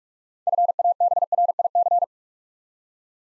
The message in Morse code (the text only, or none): FABRIC